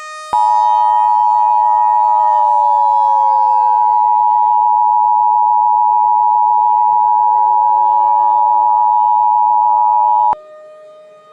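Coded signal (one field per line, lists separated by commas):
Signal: Emergency Alert System (SAME) tones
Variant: 853 and 960 Hz attention tone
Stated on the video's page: Fictional EAS scenario with tones that may or may not be valid; events are not real.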